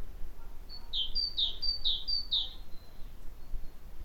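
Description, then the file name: Great tit delivering one clear phrase of four rapid two-note units, each a high note dropping to a lower one, over faint background hiss. "Parus major"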